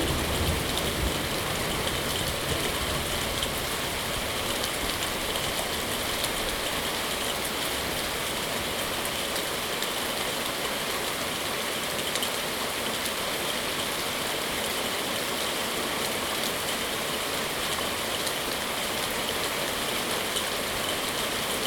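Steady, heavy rain pours down during a thunderstorm, a dense hiss of drops that stays even from start to finish. A low rumble sits under the rain near the beginning, and the bright patter fills the whole recording without pause.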